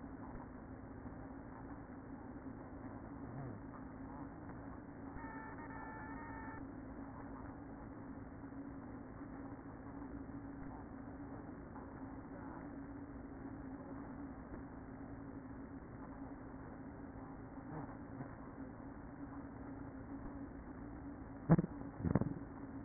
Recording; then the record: honeybee colony, microphone inside the hive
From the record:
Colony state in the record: queen present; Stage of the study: after two queens were removed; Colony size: about 60,000 bees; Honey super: yes